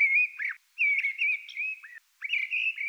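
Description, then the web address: Mistle thrush singing: fluent, clear warbled whistles in level and wavering phrases, broken by two brief pauses, with no other sounds. "Turdus viscivorus"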